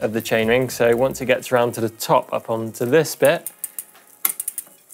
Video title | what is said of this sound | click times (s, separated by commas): 10 Minute Bike Drivetrain Cleaning & Lubrication Tutorial! | can hear it jump a little bit. It's not fully engaged. | 4.2 s